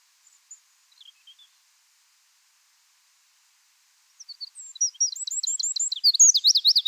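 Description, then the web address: Eurasian wren: a few soft high notes, a pause, then a loud fast song of rippling trills and chattering phrases. "SETE Troglodytes troglodytes"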